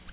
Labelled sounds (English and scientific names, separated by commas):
Nashville Warbler (Leiothlypis ruficapilla) flight call